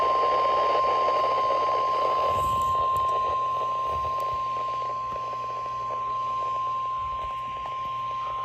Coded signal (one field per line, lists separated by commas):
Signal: Emergency Alert System (SAME) tones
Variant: 1050 Hz attention tone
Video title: SMW | EAS #978